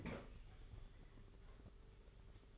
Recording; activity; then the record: daily activity, microphone in the room; open fridge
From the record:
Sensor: 4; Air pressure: 991.9 hPa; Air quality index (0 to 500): 103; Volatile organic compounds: 14 ppm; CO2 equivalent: 2439 ppm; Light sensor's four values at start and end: 20/67/25/25 and 20/65/24/24